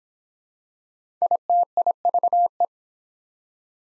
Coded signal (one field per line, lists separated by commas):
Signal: Morse code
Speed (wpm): 28 wpm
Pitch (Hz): 700 Hz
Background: none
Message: ITIVE